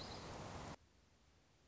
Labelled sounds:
Dark-eyed Junco (Junco hyemalis)
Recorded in Sonoma County, California

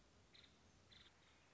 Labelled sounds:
Nuttall's Woodpecker (Dryobates nuttallii)
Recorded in Sonoma County, California

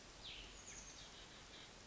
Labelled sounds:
Cassin's Vireo (Vireo cassinii)
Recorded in Sonoma County, California

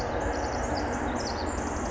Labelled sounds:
Pacific Wren (Troglodytes pacificus)
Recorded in Sonoma County, California

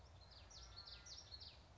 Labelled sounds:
Common Yellowthroat (Geothlypis trichas)
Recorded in Sonoma County, California

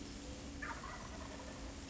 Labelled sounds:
Wild Turkey (Meleagris gallopavo)
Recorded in Sonoma County, California

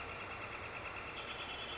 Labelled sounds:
Northern Flicker (Colaptes auratus)
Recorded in Sonoma County, California

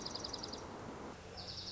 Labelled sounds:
Dark-eyed Junco (Junco hyemalis)
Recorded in Sonoma County, California

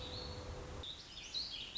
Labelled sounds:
Warbling Vireo (Vireo gilvus)
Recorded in Sonoma County, California

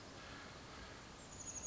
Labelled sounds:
Chestnut-backed Chickadee (Poecile rufescens)
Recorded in Sonoma County, California

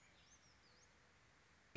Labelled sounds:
Warbling Vireo (Vireo gilvus)
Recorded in Sonoma County, California

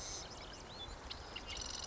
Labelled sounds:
Marsh Wren (Cistothorus palustris)
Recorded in Sonoma County, California

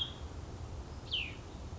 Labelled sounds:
Cassin's Vireo (Vireo cassinii)
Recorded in Sonoma County, California

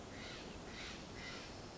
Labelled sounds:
Steller's Jay (Cyanocitta stelleri)
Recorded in Sonoma County, California

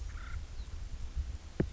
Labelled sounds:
Acorn Woodpecker (Melanerpes formicivorus)
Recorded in Sonoma County, California

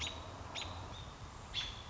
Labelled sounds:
American Robin (Turdus migratorius)
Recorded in Sonoma County, California

